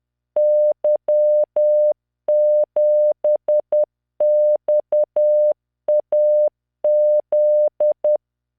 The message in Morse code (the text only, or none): Y7XAZ